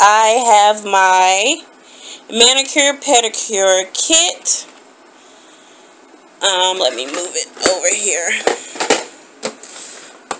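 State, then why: Seated. Someone talks while moving a cheap Dollar Tree plastic storage container that holds a manicure and pedicure kit, with a few handling knocks around 8.8–9.6 s. At 10.3 s the plastic lid snaps shut onto the small plastic container with a sharp click. The lid seats, but the snap is weak because the container feels cheap.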